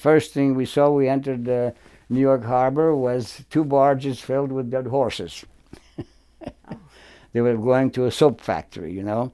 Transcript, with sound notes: And the first thing we saw, we entered New York harbor, was two barges filled with dead horses. [Chuckles] They were going to a soap factory, you know.